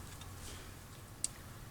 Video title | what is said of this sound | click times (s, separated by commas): REPLACING REAR BRAKE PADS - 2010 Chrysler Town & Country - DIY | that and go ahead and put it right back in until that boot snaps in place | 1.2 s